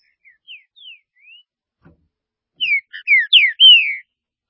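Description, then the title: Green-winged saltator song: soft introductory whistles, then a loud phrase of rich, slurred downward whistles ending in one long, drawn-out note. "Trinca Ferro"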